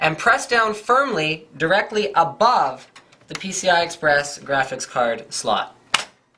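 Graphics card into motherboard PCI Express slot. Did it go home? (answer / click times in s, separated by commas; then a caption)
yes / 6.0 s. Someone talks while a graphics card is pressed down firmly into a motherboard's PCI Express slot. A sharp click sounds at 6.0 s as the retention latch snaps into place, and the card is seated.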